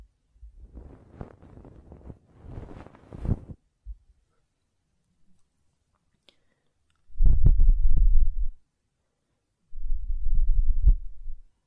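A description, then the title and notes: Ear cleaning and blowing: scratchy, crackling rubs in two bursts over the first four seconds, then near silence. Two heavy, low rumbling gusts of blowing follow, around seven to eight and a half seconds and again from about ten to eleven and a half. ASMR Ear Cleaning and Blowing (No Talking).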